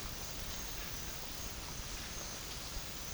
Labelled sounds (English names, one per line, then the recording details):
none
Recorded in pastures near Puerto Asís, Putumayo, Colombia, on 30 June 2025 at 12:00
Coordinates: 0.466, -76.322
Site GP07